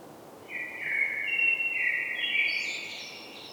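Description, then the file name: Common blackbird song phrase: smooth flute-like notes rising and falling, closing with a higher, squeaky trailing twitter. "Turdus merula"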